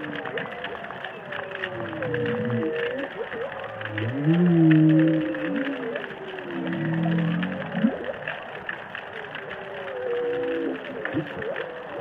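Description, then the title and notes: Humpback whale song mixing deep groaning units with higher wavering moans, several phrases spread throughout over continuous crackling background noise. Underwater humpback whales singing and calling in the Indian Ocean. "Whale Song is a collection of underwater recordings of humpback whales singing and calling in the Indian Ocean."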